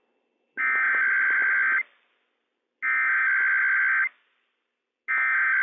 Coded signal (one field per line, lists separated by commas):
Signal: Emergency Alert System (SAME) tones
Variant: header bursts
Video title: IPAWS RWT - WWF56 - EAS #77 - 11:00 AM PDT 4/12/21